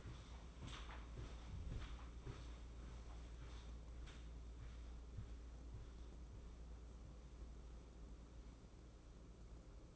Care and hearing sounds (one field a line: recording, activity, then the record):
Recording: daily activity, microphone in the room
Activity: walk to room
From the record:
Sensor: 1